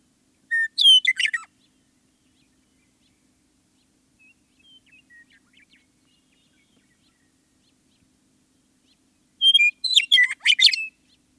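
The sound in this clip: Western meadowlark song, two bursts about nine seconds apart, each a brief whistle then a rapid jumble of notes, with a few soft notes between.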